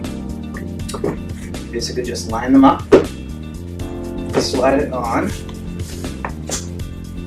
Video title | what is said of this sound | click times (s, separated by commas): Infinity Escape Massage Chair Assembly | it's lit on you just sort of push it down and it locks in place that's all you have to install that okay | 6.2 s